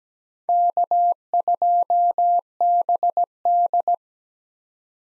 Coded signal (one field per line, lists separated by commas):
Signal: Morse code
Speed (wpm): 17 wpm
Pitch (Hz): 700 Hz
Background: none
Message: K2BD